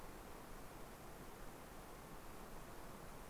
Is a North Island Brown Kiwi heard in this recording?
no